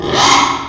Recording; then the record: squeal of a Yucatan mini pig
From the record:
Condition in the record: after surgery on the right vocal fold (resection and tissue-engineered implant); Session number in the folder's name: 3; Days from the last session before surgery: 33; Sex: male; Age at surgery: 12 weeks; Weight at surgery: 13 kg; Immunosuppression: cyclosporine, prednisolone